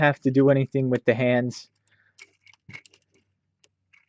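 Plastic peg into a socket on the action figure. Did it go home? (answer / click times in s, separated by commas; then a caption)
yes / 3.6 s. Someone talks, then small plastic clicks and handling noises follow as a plastic peg on a Transformers Combiner Wars Voyager Optimus Prime figure is pushed into its socket to join the parts. A sharp snap at 3.6 s marks the peg seating firmly in place, which requires lining up the figure's many rotating points.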